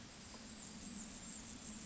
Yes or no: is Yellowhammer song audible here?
no